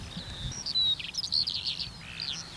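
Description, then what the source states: Eurasian skylark song: a rapid run of high, varied chirrups and trills, continuous and tumbling, with faint low rumble beneath. Medium-sized songbird with a typical song flight, beating its wings and singing the whole time while spiralling upward, then gliding back down.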